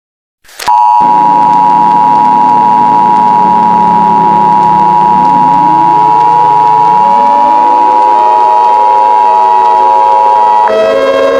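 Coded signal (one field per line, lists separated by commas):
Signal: Emergency Alert System (SAME) tones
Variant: 853 and 960 Hz attention tone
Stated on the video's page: Fictional simulated EAS scenarios.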